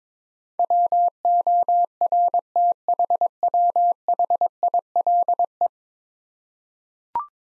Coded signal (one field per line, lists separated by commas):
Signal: Morse code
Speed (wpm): 21 wpm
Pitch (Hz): 700 Hz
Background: none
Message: WORTHWHILE